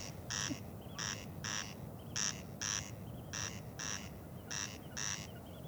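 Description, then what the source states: Corncrake giving its dry, rasping crex crex call, paired grating notes repeated steadily, over a low rumble. On Tiree, calling from long grass and cow parsley at a field edge; stands still in its patch of long grass calling all night long; the crex crex call gives the bird its name.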